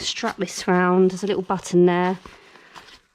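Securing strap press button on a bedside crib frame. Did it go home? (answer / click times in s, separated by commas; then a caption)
no / none. Someone talks while wrapping a securing strap round the frame of a Chicco Next 2 Me bedside crib, with a small press button on the strap, and faint handling rustle follows the speech. The clip ends before the button is pushed home, so nothing has seated or clicked yet.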